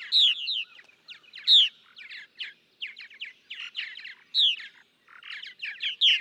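Purple martin song: loud chirps mixed with softer croaking, gurgling phrases, delivered in short bursts with brief pauses.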